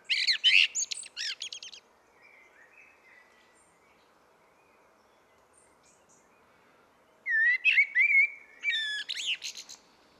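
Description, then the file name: Common blackbird singing: a burst of high, squeaky twittering, a long pause, then a low fluted warble that breaks into more shrill twitters. "Turdus merula"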